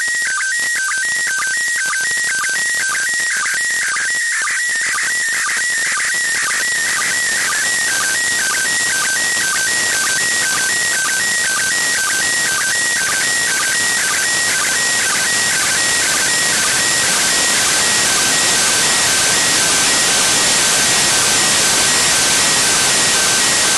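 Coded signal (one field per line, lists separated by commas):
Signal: SSTV (slow-scan television)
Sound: warbling tone stepping regularly between two pitches, buried in loud hiss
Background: radio static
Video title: ISS SSTV Broadcast 29.12.2021 @08:36 UTC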